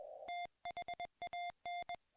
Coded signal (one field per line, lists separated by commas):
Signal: Morse code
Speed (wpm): 21 wpm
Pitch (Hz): 700 Hz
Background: music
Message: THAN